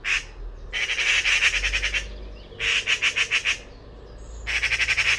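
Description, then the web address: Bird giving four bursts of rapid scratchy pulsed notes, with gaps between them. Recordings from the "Pi Pi Pi Pi" call class in a 2025 bird-only dataset. "cianscape birddata Deverinetal 2025 File origin Bird Only More Classes Pi Pi Pi Pi"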